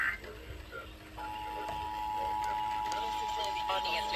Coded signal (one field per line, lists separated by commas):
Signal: Emergency Alert System (SAME) tones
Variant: 853 and 960 Hz attention tone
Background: speech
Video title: RMTs and RWTs at the end of February || EAS Tests from 2/18 - 2/25 (EAS #837 - #844)